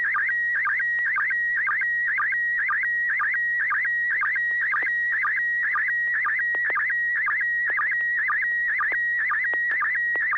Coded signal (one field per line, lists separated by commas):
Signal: SSTV (slow-scan television)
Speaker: joel were you able to copy this photo from neil